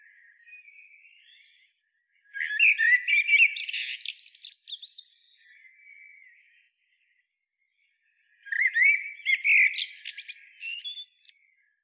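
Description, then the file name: Common blackbird: two loud song phrases six seconds apart, fluted notes mixed with scratchy high twitters, with softer warbles before and between. "Turdus merula"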